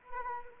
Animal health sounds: mosquito wingbeat signal from an infrared sensor; Anopheles arabiensis

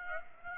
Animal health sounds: mosquito wingbeat signal from an infrared sensor; Aedes aegypti

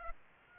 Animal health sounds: mosquito wingbeat signal from an infrared sensor; Aedes aegypti

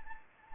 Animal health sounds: mosquito wingbeat signal from an infrared sensor; Anopheles arabiensis

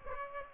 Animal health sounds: mosquito wingbeat signal from an infrared sensor; Aedes aegypti

